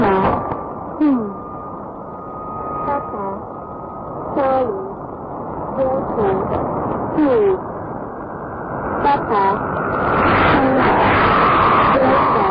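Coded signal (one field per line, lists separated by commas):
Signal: numbers station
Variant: E10 Papa Charlie Delta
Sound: short spoken words about every 1.5 seconds over a steady hum and radio hiss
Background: radio static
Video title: E10 Papa Charlie Delta 2 Null Message 20-01-2011 Number Station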